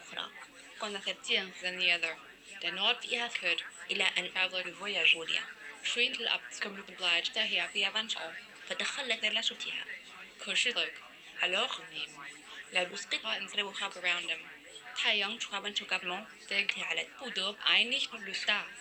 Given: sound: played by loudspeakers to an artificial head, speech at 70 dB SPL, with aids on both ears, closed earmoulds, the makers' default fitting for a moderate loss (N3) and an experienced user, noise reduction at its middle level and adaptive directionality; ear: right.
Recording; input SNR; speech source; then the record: speech test signal (ISTS) in cocktail-party noise; 0 dB; in front (0 degrees)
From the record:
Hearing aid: class 1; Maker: I